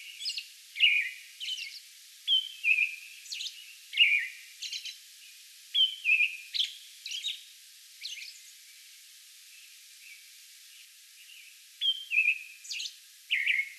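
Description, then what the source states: American robin song of short whistled carols, some falling and slurred, mixed with thin high squeaky notes, with a pause late. A song bout recorded on May 11.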